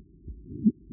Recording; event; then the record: neck accelerometer signal played as sound; no cough (speech, laughter, throat clearing or background)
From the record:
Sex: male